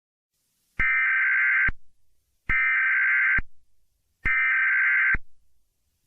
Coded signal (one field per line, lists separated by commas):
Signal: Emergency Alert System (SAME) tones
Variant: header bursts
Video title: EAS Scenario/Mock #15 - Boris The Grounding Spree (Remastered)